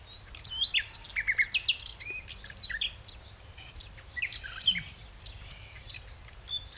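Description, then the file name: Common nightingale song, bursts of fast repeated notes mixed with varied high whistles and buzzy chirps, against a faint low rumble. "Luscinia megarhynchos"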